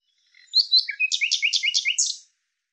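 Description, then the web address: Bird song: a short, high phrase of bright chirps, then a quick run of five or six repeated two-part notes, in a quiet background. "Deverinetal 2025"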